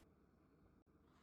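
An SKS rifle's steel dust cover is handled with its takedown pin in place while the takedown lever/tab that holds it to the receiver is readied to be pushed down. Only a steady low background rumble is heard, with a brief near-silent gap around 0.8 s. Nothing has seated or clicked yet.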